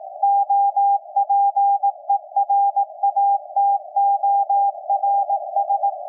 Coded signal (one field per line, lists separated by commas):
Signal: Morse code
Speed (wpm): 18 wpm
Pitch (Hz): 800 Hz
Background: none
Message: OPERATORS